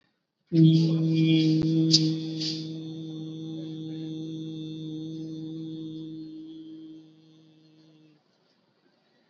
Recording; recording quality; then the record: sustained vowel as in beet; excellent, no background noise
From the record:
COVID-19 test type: RT-PCR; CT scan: not taken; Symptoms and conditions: none ticked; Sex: male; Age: 19 years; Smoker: no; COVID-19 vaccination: both doses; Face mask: worn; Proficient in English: yes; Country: India